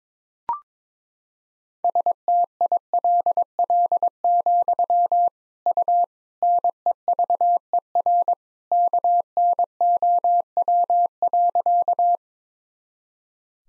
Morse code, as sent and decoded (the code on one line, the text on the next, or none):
... - .. .-.. .-.. --..-- / ..- / -. . ...- . .-. / -.- -. --- .-- .-.-.-
STILL, U NEVER KNOW.